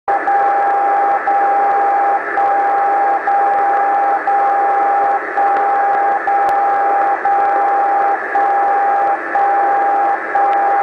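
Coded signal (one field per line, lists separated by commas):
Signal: radio time signal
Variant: DCF77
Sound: steady mid-pitch tone that briefly cuts out once every second, about ten times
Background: radio static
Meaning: Each second is marked by a short carrier drop, and its 0.1 or 0.2 s length encodes a time-code bit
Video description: DCF77 77.500 kHz 21:30 UTC 26-07-11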